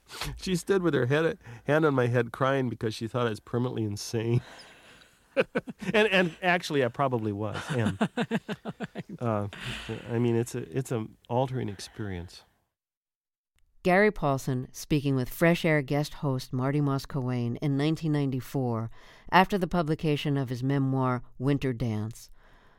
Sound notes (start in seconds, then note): 5.3 laughter; 7.5 laughter